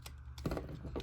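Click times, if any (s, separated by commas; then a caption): none. The plastic arms of a Transformers action figure are handled and pushed in toward its torso during a transformation, producing a series of light plastic clicks and rattles from about 0.5 s onward over a low steady hum. Nothing has seated or snapped into place yet.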